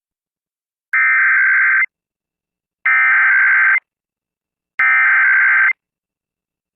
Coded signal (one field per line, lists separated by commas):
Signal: Emergency Alert System (SAME) tones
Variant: header bursts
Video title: EAS Civil Emergency Message North Dakota STATEWIDE Alert (Tioga Silver Alert)